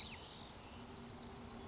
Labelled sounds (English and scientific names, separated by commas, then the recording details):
Bewick's Wren (Thryomanes bewickii)
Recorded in Sonoma County, California